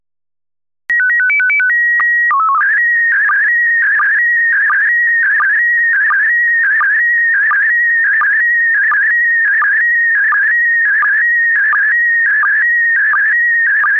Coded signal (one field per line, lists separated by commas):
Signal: SSTV (slow-scan television)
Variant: PD 90